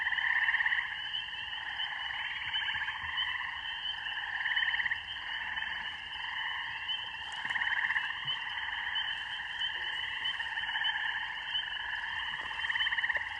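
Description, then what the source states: Spring peepers giving quick high peeps again and again, woven into a constant chorus of lower trilling frogs that swells and fades. Mating song of spring peepers with other frogs in a rural beaver pond, recorded in the evening on an iPhone.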